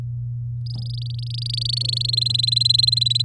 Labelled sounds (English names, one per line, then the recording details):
Domestic Canary song
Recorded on 8 May 2018 at 11:05
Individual llb16